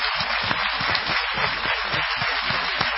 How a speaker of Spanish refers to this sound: pero hoy son un ejemplo para todos nosotros, así que yo les pido un aplauso grande, grande, muy grande.